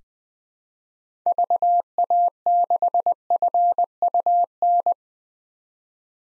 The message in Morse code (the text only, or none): VA6FUN